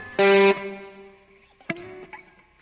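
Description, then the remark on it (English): A loud, buzzy tone processed with reverb and compressor effects blasts briefly, then rings out in a long sustained reverb tail before a second, softer struck note smears into the same lingering wash. “And you can up the reverb and the compressor.”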